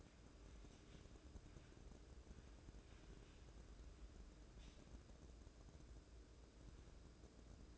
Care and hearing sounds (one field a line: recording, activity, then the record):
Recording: daily activity, microphone in the room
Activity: wipe stove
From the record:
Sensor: 2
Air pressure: 1012.2 hPa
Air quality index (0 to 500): 160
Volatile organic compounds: 2 ppm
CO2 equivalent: 1166 ppm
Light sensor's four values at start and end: 400/1069/399/431 and 399/1068/398/431